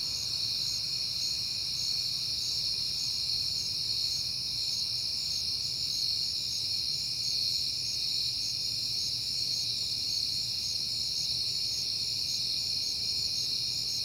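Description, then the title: Crickets keep up a steady high-pitched chorus throughout, with quick rhythmic pulses over the constant ringing and a low background rumble. Crickets recorded at night in September, on a peaceful night. "Night Time: Crickets and Passing Cars"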